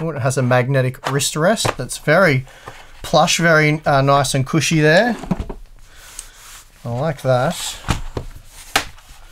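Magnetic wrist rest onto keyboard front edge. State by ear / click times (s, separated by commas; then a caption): seated / 8.8 s. Someone talks while a plush magnetic wrist rest is brought up to the front edge of a Razer BlackWidow Elite mechanical keyboard. The wrist rest snaps on magnetically with a sharp clack at 8.8 s, seating into place.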